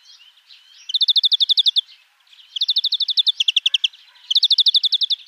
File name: Chloris chloris